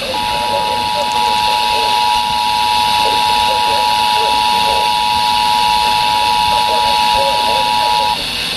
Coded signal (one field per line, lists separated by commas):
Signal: Emergency Alert System (SAME) tones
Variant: 853 and 960 Hz attention tone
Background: speech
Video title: Enhanced Interests.... | EAS Alerts from 8/6/24 | EAS#1,133 - 1,202